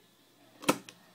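After the combination is dialled, the dial of a combination lock mechanism in a safe door is turned clockwise, and the lock clicks at 0.6, 0.7 and 0.9 seconds as the bolt releases. The loudest click comes at 0.7 seconds, and a faint tick follows near the end. The safe lock is released and unlocked.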